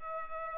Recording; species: mosquito wingbeat signal from an infrared sensor; Culex pipiens